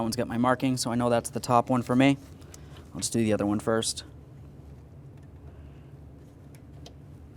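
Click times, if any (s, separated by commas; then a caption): 6.9 s. Someone talks while reconnecting the horns behind the front bumper of a 2012-2018 Nissan Altima during a front bumper upper mounting bracket replacement, then the wiring harness electrical connector is pressed onto the horn terminal. After a quiet stretch, a faint tick at 6.6 s is followed by a sharper click at 6.9 s as the horn connector seats.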